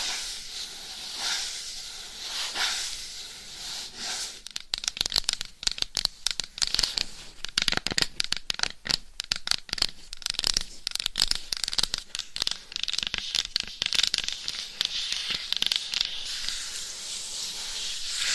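Scratching on a microphone, with dry, bright scraping that sounds like nails raking across it. A steadier rasping opens, then from about five seconds the strokes turn into dense, rapid, irregular bursts that continue to the end. No speech is heard.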